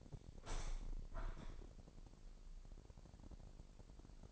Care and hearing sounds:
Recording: daily activity, microphone in the room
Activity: open window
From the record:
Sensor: 5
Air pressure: 1000.0 hPa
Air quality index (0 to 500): 247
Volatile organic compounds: 34 ppm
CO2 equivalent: 3039 ppm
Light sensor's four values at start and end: 34/80/32/30 and 34/80/32/30

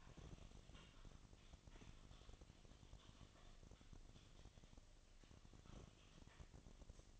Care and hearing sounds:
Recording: daily activity, microphone in the room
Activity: typing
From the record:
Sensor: 4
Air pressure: 1000.0 hPa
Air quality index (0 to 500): 230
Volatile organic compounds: 30 ppm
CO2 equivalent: 2967 ppm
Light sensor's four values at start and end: 9/21/8/8 and 9/21/8/8

